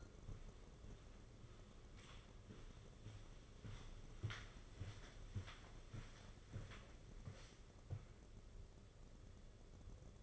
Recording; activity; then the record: daily activity, microphone in the room; walk to room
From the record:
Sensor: 4